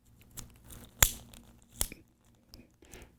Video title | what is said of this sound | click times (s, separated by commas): Southwire® MCAP® Cable Installation Training - Part 3 | there we go snapped into place and you can see the tail sticking out | 1.0 s